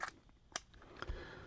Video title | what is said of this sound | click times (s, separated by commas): Top 2 Wera Socket Sets | Little click and pull. | 0.6 s